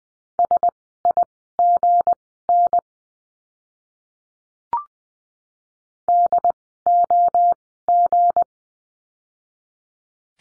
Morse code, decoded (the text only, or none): SIGN DOG